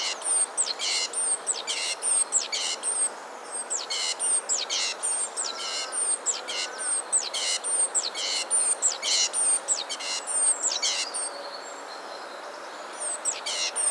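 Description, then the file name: Great tit calls, high whistled slurs and buzzy churring bursts repeated many times. "Parus major"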